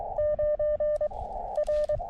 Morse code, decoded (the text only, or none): 9 R